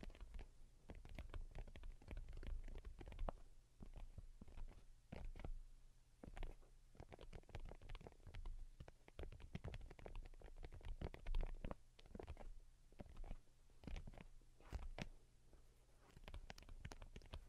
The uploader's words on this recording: Most Delicate and Calming Tapping. (No Talking).